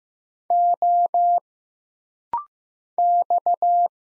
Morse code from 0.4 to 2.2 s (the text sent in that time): O